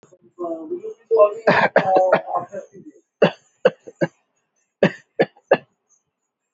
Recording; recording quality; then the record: heavy voluntary cough; excellent, no background noise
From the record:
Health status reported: healthy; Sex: male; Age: 26 years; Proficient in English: yes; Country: India